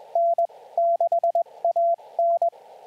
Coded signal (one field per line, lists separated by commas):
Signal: Morse code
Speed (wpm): 21 wpm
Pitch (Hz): 680 Hz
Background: radio noise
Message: N6AN